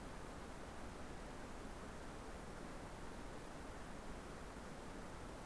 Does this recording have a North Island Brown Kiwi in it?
no